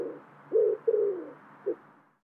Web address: cianscape birddata Deverinetal 2025 Bird Co Pa